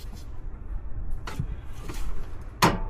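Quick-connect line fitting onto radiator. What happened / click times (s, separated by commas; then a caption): The line quick connector clicked into place / 2.6 s. A cooler line quick-connect fitting is pushed onto the radiator during a radiator replacement on a 2011 Silverado 2500HD. Low rustling and handling noise with a softer knock at 1.3 s leads to a sharp, bright click at 2.6 s as the connector seats.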